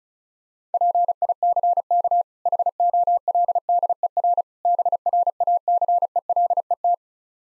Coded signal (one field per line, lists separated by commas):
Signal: Morse code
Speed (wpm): 34 wpm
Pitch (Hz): 700 Hz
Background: none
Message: PICK HOLDER BRACELET